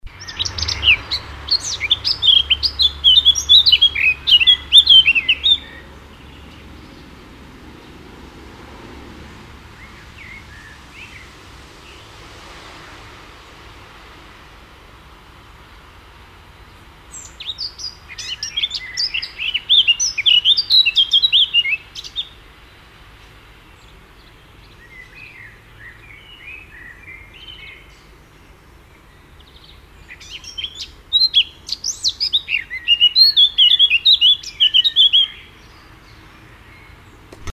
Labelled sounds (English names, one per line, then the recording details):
Eurasian Blackcap song
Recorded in the wild
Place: Kaiserslautern, Rheinland-Pfalz, DE
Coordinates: 49.4467, 7.7984
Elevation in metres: 256
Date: 1977-06-18
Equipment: Nagra IV, Sennheiser MKH 405, Parabolreflektor
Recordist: Tretzel, Erwin
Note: Ort: Kaiserslautern, Friedhof